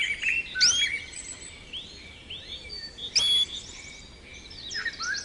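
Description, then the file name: Canary song, scattered whistled slides and short trills separated by quieter gaps, with two sharp bright notes standing out. Canary therapy training recording (kenari terapi). "kenari terapi omkicau"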